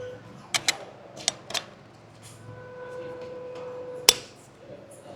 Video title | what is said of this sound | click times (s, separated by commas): HUGE headers for Eagle's 5000HP RECORD breaking Hemi. | Snaps in place. | 4.1 s